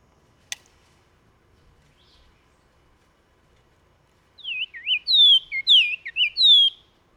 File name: Bahama Oriole Icterus northropi